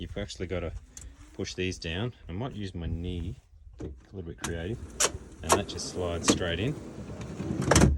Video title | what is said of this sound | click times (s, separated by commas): T31 Nissan X Trail Overlander Removing the 70L Fridge, Slide and Plywood Frame | locks into place like that you hear | 7.7 s, 7.8 s